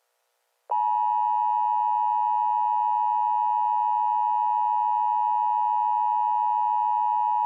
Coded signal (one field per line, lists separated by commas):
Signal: Emergency Alert System (SAME) tones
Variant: 853 and 960 Hz attention tone